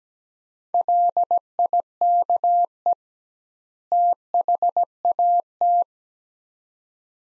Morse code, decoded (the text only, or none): LIKE THAT